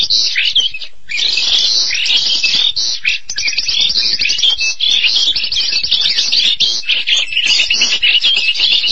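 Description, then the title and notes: Starling singing a continuous, scratchy jumble of clicks, chirps and whistled slurs after a brief quiet moment near the start. "suara burung jalak"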